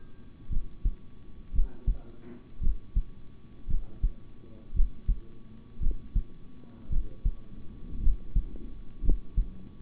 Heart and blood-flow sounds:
heart sounds by stethoscope; between the tricuspid and mitral areas; 56 bpm
0.49 s: heartbeat
1.52 s: heartbeat
2.60 s: heartbeat
3.67 s: heartbeat
4.73 s: heartbeat
5.79 s: heartbeat
6.89 s: heartbeat
8.00 s: heartbeat
9.02 s: heartbeat
From the record:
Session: rest, sitting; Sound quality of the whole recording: good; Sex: male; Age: 26 years

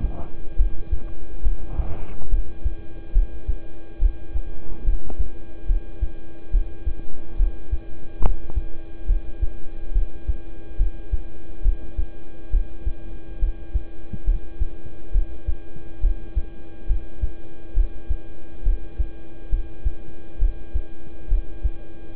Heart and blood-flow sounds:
heart sounds by stethoscope; between the tricuspid and mitral areas; 69 bpm
0.56 s: heartbeat
1.42 s: heartbeat
2.29 s: heartbeat
3.12 s: heartbeat
3.99 s: heartbeat
4.84 s: heartbeat
5.66 s: heartbeat
6.51 s: heartbeat
7.37 s: heartbeat
8.21 s: heartbeat
9.06 s: heartbeat
9.92 s: heartbeat
10.77 s: heartbeat
11.62 s: heartbeat
12.50 s: heartbeat
13.39 s: heartbeat
14.25 s: heartbeat
15.12 s: heartbeat
16.01 s: heartbeat
16.87 s: heartbeat
17.74 s: heartbeat
18.63 s: heartbeat
19.49 s: heartbeat
20.39 s: heartbeat
21.28 s: heartbeat
22.15 s: heartbeat
From the record:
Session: rest, lying down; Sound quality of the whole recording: good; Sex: male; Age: 26 years

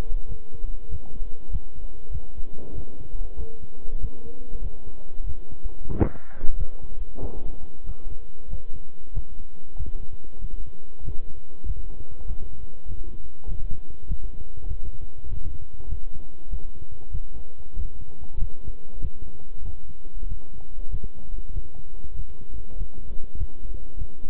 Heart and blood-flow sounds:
heart sounds by stethoscope; between the tricuspid and mitral areas; 96 bpm
0.27 s: heartbeat
0.89 s: heartbeat
1.49 s: heartbeat
2.10 s: heartbeat
2.73 s: heartbeat
3.36 s: heartbeat
3.99 s: heartbeat
4.60 s: heartbeat
5.24 s: heartbeat
5.89 s: heartbeat
6.55 s: heartbeat
7.18 s: heartbeat
7.84 s: heartbeat
8.48 s: heartbeat
9.12 s: heartbeat
9.75 s: heartbeat
10.39 s: heartbeat
11.02 s: heartbeat
11.64 s: heartbeat
12.25 s: heartbeat
12.86 s: heartbeat
13.46 s: heartbeat
14.06 s: heartbeat
14.66 s: heartbeat
15.27 s: heartbeat
15.87 s: heartbeat
16.48 s: heartbeat
17.10 s: heartbeat
17.74 s: heartbeat
18.37 s: heartbeat
18.99 s: heartbeat
19.62 s: heartbeat
20.26 s: heartbeat
20.89 s: heartbeat
21.51 s: heartbeat
22.14 s: heartbeat
22.76 s: heartbeat
23.36 s: heartbeat
23.96 s: heartbeat
From the record:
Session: walking at 3.7 km/h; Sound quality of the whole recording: good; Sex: male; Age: 26 years

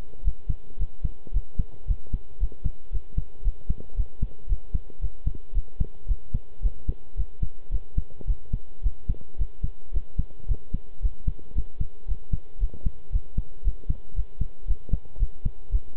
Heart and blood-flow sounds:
heart sounds by stethoscope; between the tricuspid and mitral areas; 112 bpm
0.24 s: heartbeat
0.79 s: heartbeat
1.33 s: heartbeat
1.87 s: heartbeat
2.40 s: heartbeat
2.92 s: heartbeat
3.44 s: heartbeat
3.96 s: heartbeat
4.49 s: heartbeat
5.01 s: heartbeat
5.54 s: heartbeat
6.08 s: heartbeat
6.62 s: heartbeat
7.17 s: heartbeat
7.71 s: heartbeat
8.27 s: heartbeat
8.83 s: heartbeat
9.38 s: heartbeat
9.93 s: heartbeat
10.48 s: heartbeat
11.02 s: heartbeat
11.55 s: heartbeat
12.07 s: heartbeat
12.60 s: heartbeat
13.12 s: heartbeat
13.64 s: heartbeat
14.16 s: heartbeat
14.67 s: heartbeat
15.19 s: heartbeat
15.71 s: heartbeat
From the record:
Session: pedaling a stationary bicycle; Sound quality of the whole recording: good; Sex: male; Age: 23 years

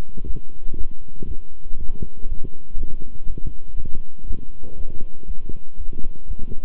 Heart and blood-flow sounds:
heart sounds by stethoscope; between the tricuspid and mitral areas; 120 bpm
0.25 s: heartbeat
0.75 s: heartbeat
1.26 s: heartbeat
1.77 s: heartbeat
2.26 s: heartbeat
2.76 s: heartbeat
3.25 s: heartbeat
3.75 s: heartbeat
4.25 s: heartbeat
4.76 s: heartbeat
5.26 s: heartbeat
5.76 s: heartbeat
6.26 s: heartbeat
From the record:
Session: walking at 3.7 km/h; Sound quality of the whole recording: good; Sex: male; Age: 26 years

